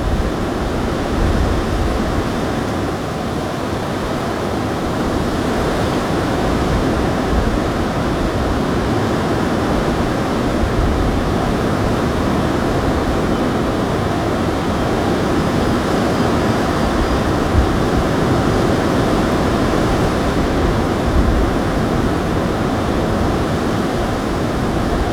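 Storm waves crash on rocks while wind roars through trees, blending into one dense, unbroken rumble. The sound holds steady and loud for the whole stretch, heaviest in the low range, with a faint hiss on top and no distinct single breakers standing out.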